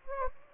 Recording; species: mosquito wingbeat signal from an infrared sensor; Anopheles gambiae